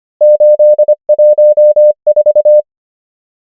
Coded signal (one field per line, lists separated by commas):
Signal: Morse code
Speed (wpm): 25 wpm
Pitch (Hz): 600 Hz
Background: none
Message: 8 1 4